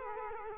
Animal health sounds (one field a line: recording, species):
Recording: mosquito wingbeat signal from an infrared sensor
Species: Culex quinquefasciatus